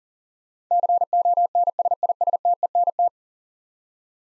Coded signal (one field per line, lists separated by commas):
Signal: Morse code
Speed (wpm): 38 wpm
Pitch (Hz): 700 Hz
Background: none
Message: CONSISTENT